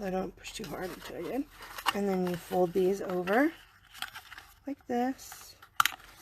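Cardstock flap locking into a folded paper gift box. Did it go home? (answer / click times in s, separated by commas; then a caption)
yes / 5.8 s. Someone talks while folding the flaps of a small cardstock pizza-style gift box, with soft paper handling sounds. The last flap is pushed in and locks into place with a sharp paper snap at 5.8 s, and the box is closed.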